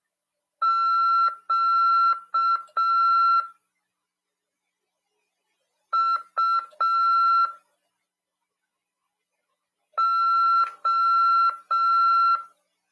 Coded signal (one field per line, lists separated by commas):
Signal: Morse code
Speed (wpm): 6 wpm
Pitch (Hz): 1350 Hz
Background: none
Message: QUO